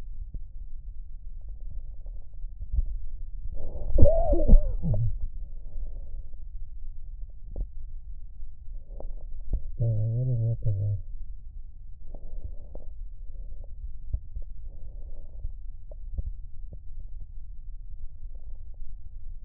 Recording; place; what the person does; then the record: lung sounds by stethoscope; right posterior basal chest; quiet breathing, then cough and speech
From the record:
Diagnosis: interstitial lung disease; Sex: male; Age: 74 years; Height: 160 cm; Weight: 54 kg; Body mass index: 21.1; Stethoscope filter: extended mode